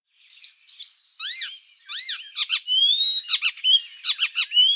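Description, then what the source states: Icterine Warbler song: a fast, varied jumble of high whistles, buzzy notes and sharp chattering phrases. Cheerful summer song likened to free jazz from Africa; bird living in Africa, in the Netherlands from May to end of July; song includes imitations of other birds.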